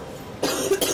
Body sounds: coughing mixed with background sound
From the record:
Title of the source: 34 coughing up crap again

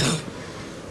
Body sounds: coughing mixed with background sound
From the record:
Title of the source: Wet coughing

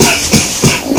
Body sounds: coughing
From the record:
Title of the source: Spring Cold Coughing 2

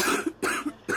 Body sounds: coughing mixed with background sound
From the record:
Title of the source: 64 coughing, allergies, singing lungs

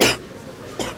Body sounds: coughing mixed with background sound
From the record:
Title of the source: 61 morning phlegmy cough...again

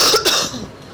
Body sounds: coughing mixed with background sound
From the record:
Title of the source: November cold (wet coughing)

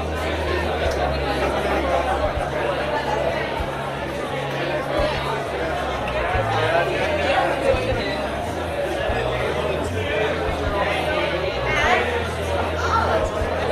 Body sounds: background sound without coughing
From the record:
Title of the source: CITY SOUNDS Busy Bar in the Evening Night - 2 HOURS of Ambiance for Relaxation

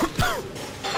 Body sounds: coughing mixed with background sound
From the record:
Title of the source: Coughing 51

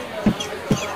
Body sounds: coughing mixed with background sound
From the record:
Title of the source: Dry Coughing Fit in the Afternoon.

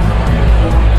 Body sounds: background sound without coughing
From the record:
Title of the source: Party Noise 1 Hour Party Ambience

